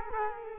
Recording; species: mosquito wingbeat signal from an infrared sensor; Culex quinquefasciatus